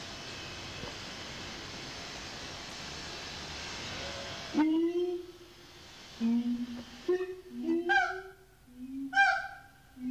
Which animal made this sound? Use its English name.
Siamang